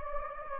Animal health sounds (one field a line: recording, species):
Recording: mosquito wingbeat signal from an infrared sensor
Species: Anopheles gambiae